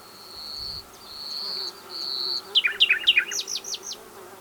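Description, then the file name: Common nightingale song opening with three long, steady, high whistled notes, then a fast sequence of sharp chips and repeated high notes. "Luscinia megarhynchos"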